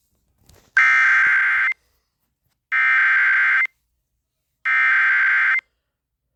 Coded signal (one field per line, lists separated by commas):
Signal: Emergency Alert System (SAME) tones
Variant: header bursts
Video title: Eas Evi In South dakota Eas#496